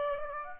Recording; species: mosquito wingbeat signal from an infrared sensor; Aedes aegypti